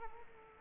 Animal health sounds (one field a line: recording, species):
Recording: mosquito wingbeat signal from an infrared sensor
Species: Culex quinquefasciatus